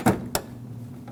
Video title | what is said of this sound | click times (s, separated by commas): How to replace Headlight Bulb Set 2005-2021 Nissan Frontier | You want to listen for a click to make sure that that is locked in. | 0.3 s